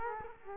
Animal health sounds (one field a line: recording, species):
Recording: mosquito wingbeat signal from an infrared sensor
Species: Culex quinquefasciatus